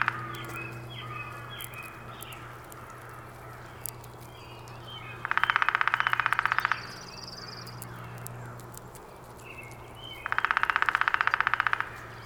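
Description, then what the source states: Downy woodpecker drumming twice, each roll a rapid burst of taps lasting over a second, against a low continuous hum and faint bird calls. Recorded 19 April 2019.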